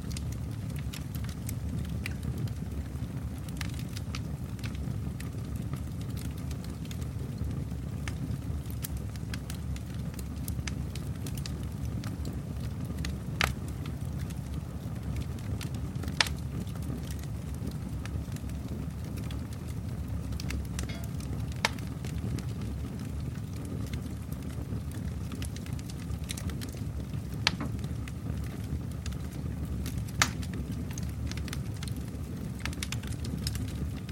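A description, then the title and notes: A fireplace burns with a steady, low roar that fills the whole recording without much change. Sharp, bright crackles and pops break through every few seconds, a few louder snaps standing out near the middle and end. Fireplace.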